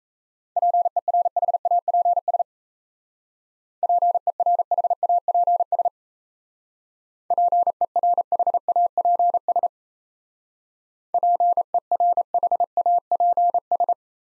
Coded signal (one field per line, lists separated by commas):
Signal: Morse code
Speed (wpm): 36 wpm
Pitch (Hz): 700 Hz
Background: none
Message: PERHAPS PERHAPS PERHAPS PERHAPS